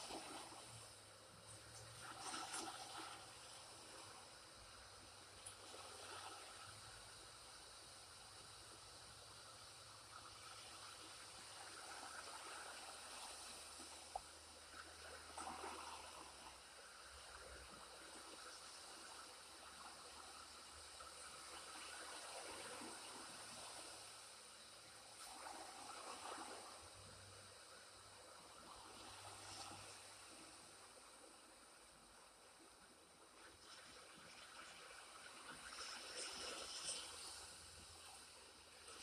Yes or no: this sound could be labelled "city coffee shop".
no